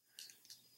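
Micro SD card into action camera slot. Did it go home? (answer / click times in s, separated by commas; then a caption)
yes / 0.2 s. A micro SD card is pushed with a thumbnail into the card slot on the right side of a GoPro HERO 4 action camera, held with its text facing out and upside down. A sharp, bright click is heard at 0.2 s, followed by softer ticks around 0.5 s, as the card clicks into place and seats.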